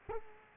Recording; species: mosquito wingbeat signal from an infrared sensor; Culex quinquefasciatus